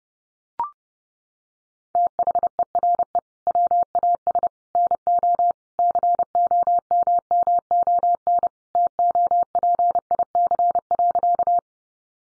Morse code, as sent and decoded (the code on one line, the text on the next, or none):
- .... . .-. . / .-- .- ... / -. --- / -.-. --- -- -- --- -. / - --- .--. .. -.-. .-.-.-
THERE WAS NO COMMON TOPIC.